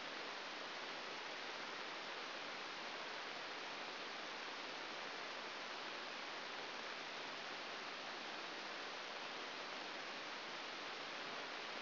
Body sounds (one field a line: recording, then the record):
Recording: brain microelectrode recording played as sound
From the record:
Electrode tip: outside the subthalamic nucleus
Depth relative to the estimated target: -2 mm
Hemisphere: right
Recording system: AlphaMap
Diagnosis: Parkinson's disease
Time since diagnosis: 12 years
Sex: male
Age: 57 years